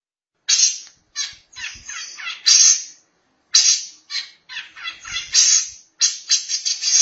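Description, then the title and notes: Long-tailed Shrike giving loud, rasping squawks in short bursts, several grating notes in each group, separated by brief silences. "Pentet 201703. Suara burung pentet"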